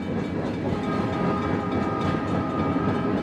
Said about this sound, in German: So viel, wie es jetzt bekannt ist, ist nächtlicher Schienenlärm, also Eisenbahnvorbeifahrten, die eben vor allem, wenn man nahe an der Bahnlinie wohnt, eben ein ziemlich ausgeprägtes Aufweckpotenzial haben.